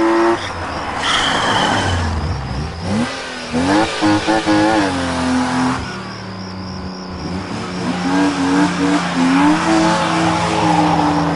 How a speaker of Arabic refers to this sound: يا لطيف بالخبر، قد صدمت سيارة هنا، حان وقت العمل.